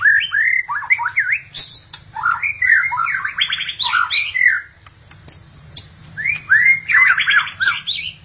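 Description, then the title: Magpie-robin or shama pouring out looping whistled phrases and buzzy notes in dense bursts, separated by a short quiet gap midway. "BM Suara Burung Murai"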